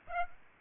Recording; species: mosquito wingbeat signal from an infrared sensor; Aedes aegypti